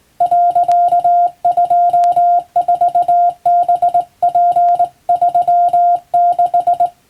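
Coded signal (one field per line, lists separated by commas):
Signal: Morse code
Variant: Japanese Wabun code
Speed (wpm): 20 wpm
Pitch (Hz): 700 Hz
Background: music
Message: 、24ハツ36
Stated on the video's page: Hand-keyed Japanese Morse code practice from a telegram practice book, sent by a first-class radiotelegraph operator.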